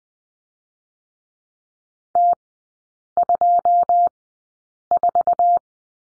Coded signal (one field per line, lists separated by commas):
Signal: Morse code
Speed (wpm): 20 wpm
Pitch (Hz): 700 Hz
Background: none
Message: T24